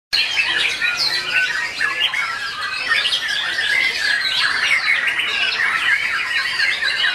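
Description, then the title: Oriental magpie-robin song begins suddenly and continues as a rich, rapid jumble of whistled slurs, trills and rasping notes. "Kicau Kacer"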